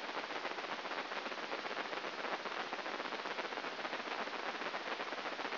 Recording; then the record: brain microelectrode recording played as sound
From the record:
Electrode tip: inside the subthalamic nucleus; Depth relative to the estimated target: 0 mm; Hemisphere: right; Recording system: AlphaMap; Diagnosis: Parkinson's disease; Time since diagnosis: 12 years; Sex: male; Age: 57 years